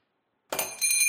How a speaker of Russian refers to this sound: Звенит колокол для сотрудников